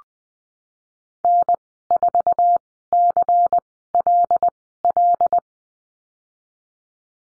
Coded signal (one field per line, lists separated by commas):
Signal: Morse code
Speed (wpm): 20 wpm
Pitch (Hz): 700 Hz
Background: none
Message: N4CLL